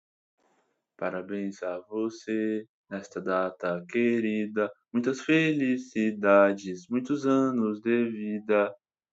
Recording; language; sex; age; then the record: short text; Brazilian Portuguese; male; 18 to 19 years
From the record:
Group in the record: control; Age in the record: 19 years